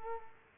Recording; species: mosquito wingbeat signal from an infrared sensor; Culex quinquefasciatus